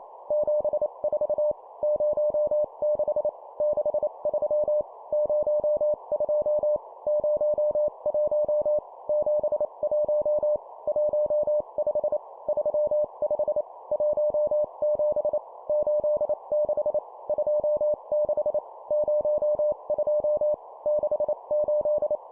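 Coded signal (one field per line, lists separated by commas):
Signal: Morse code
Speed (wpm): 28 wpm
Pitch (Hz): 600 Hz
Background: none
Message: 74 06 63 02 01 71 15 35 17 86 26 02 68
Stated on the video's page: Morse code course drill at 25 wpm of two number words.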